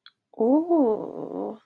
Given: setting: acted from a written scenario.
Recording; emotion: vocal sound without words; desire